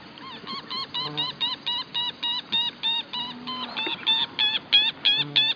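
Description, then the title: Wattled jacana calling in a steady run of scratchy, chattering notes about three per second, growing louder toward the end, with faint background noise. Nominate subspecies Jacana jacana jacana. "LuckyPassaro Completos2Sama. Wattled Jacana"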